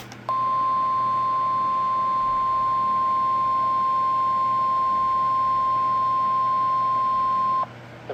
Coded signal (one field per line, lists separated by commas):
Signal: Emergency Alert System (SAME) tones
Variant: 1050 Hz attention tone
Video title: NOAA Weather Radio - Weekly Alarm Tone Test #18 (1/14/26)